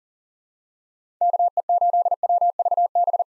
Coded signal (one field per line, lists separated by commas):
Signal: Morse code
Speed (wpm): 40 wpm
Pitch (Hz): 700 Hz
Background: none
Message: KE8WVB